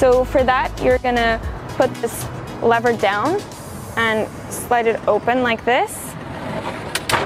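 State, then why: Seated. A lever is pushed down and the slide-out cooler and kitchenette tray in the rear kitchen unit of a 2021 Jeep Wrangler Unlimited Sport 2.0 is slid open while someone talks. A sharp click at 6.9 s marks the slide latching open, and the tray seats.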